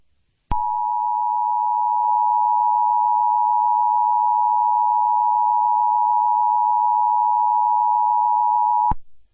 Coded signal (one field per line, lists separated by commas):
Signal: Emergency Alert System (SAME) tones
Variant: 853 and 960 Hz attention tone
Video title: EAS Scenario #7: The Great Cleansing